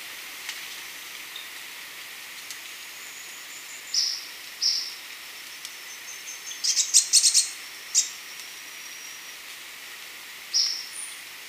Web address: Natures Songs S America Birds of Ecuador 407 Ornate Flycatcher